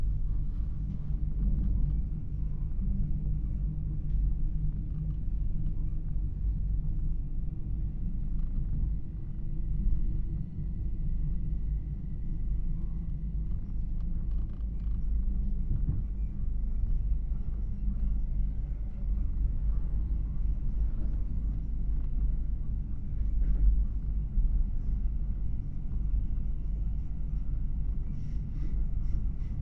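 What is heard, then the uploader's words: A train rumbles steadily, the sound thick and heavy in the low end, with a faint whine and light clatter riding above. The level stays even for the whole half minute, with small swells and a brief knock near twenty-four seconds. Night train sleeper. As the train pulls out of Penzance station, you begin to hear the rumble. A sturdy, rounded edges sort of rumble, a cacophony, of gently juddering low frequency vibrations. An unbroken sixty minute segment of the journey from Penzance to London Paddington, was taken from within the cabin beside the bunk.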